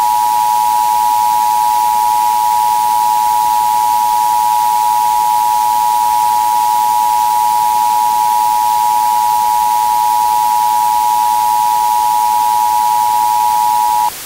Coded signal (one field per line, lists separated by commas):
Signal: Emergency Alert System (SAME) tones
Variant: 853 and 960 Hz attention tone